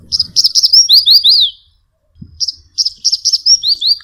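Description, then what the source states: Crested Bunting song: short bursts of high sweet chips and downslurred whistled notes, a phrase, a pause, then the phrase repeated; faint low rustling beneath. Gentle song; Hindi name Patthar Chidiya.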